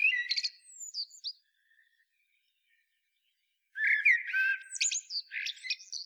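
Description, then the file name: Common blackbird singing two phrases split by a pause, each a rich warble followed by scratchy, high-pitched twittering notes. "Turdus merula"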